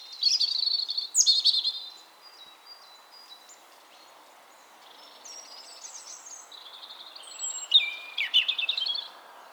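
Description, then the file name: European robin song in high thin warbles and trills, loud at the start and end with quieter notes between, faint background hiss. "Erithacus rubecula"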